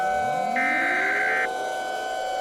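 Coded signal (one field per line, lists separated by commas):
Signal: Emergency Alert System (SAME) tones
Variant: header bursts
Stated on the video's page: Simulated EAS mockup alert, not a real broadcast.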